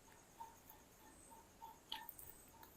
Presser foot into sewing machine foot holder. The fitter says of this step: അത് നേരെ അതിന്റെ അടിയിൽ വെച്ചിട്ട് താത്തു കൊടുത്താൽ അതേ തന്നെ അത് ലോക്ക് ആയിക്കോളും ഓട്ടോമാറ്റിക് ആയിട്ട് ഇത്